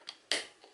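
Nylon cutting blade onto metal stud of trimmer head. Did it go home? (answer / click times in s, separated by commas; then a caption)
yes / 0.3 s. A plastic nylon cutting blade for a Ferrex 20V Cordless Lawn Trimmer GDRT26 from Aldi, which fits either way round, is put through the big hole of its keyhole slot over a metal stud on the trimmer head and pulled down toward the small hole. A faint tick at 0.1 s is followed by a sharp, bright click at 0.3 s that rings off briefly. The blade clicks on and is seated on its holder.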